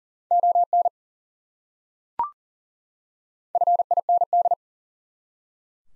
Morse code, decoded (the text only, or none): ON FIND